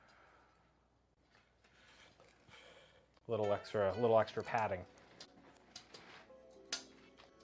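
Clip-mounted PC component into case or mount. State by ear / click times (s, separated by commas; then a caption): partly seated / 6.7 s. Someone talks while a clip-on PC component is pushed into its case or mount, with a few faint ticks and clicks in between. A sharp snap is heard at 6.7 s, but the part is not fully seated because it was not pushed far enough.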